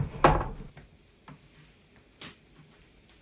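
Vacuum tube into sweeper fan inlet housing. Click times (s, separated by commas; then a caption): 0.2 s. A heavy plastic vacuum tube is pushed onto the fan inlet housing of a Black + Decker 40V Max Hard Surface Cordless Sweeper, pressed on its top so the spring-loaded release button engages. A loud, sharp snap at 0.2 s marks the tube locking in place, followed by a few much fainter knocks over the rest of the clip.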